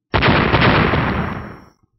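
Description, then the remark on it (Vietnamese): A loud, crackling electric blast bursts out suddenly as electric arcs strike and explode, roaring for about a second and a half, dense with sizzling pops over a deep rumble, then fades quickly to silence. “Đám hồ quang điện oanh kích lên người của hắn đều nổ tan tành, căn bản không thể tạo thành chút tổn thương nào cả.”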